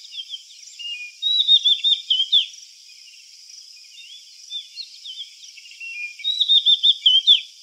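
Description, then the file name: Oriental magpie-robin singing two bursts of fast, twisting whistled phrases separated by a quieter pause, with a constant high buzzing drone behind. "Copsychus saularis"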